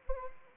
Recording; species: mosquito wingbeat signal from an infrared sensor; Anopheles arabiensis